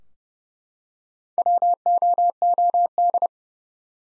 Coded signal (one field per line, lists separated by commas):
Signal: Morse code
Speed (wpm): 30 wpm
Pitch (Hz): 700 Hz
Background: none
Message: WOOD